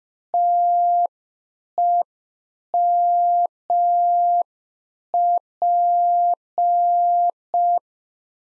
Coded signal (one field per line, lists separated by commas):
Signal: Morse code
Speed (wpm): 5 wpm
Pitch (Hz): 700 Hz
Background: none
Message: TEMP